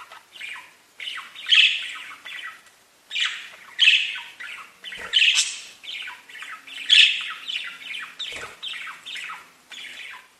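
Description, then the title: Budgerigar chatter: bursts of scratchy, buzzy chirps and squawks in quick runs, with short pauses between groups of notes. "Budgie Sounds"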